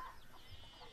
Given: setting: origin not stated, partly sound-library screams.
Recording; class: one-second piece from a danger detection set; normal situation